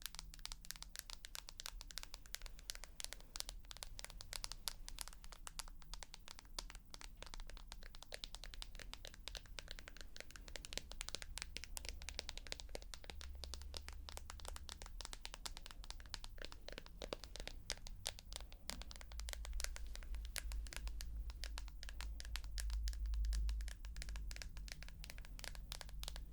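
Rapid, dense tapping runs through the whole clip as a steady stream of crisp clicks that crackle like crumpling material. A low rumble swells underneath at times, most strongly around the middle and again near the end, while the clicks stay even in pace.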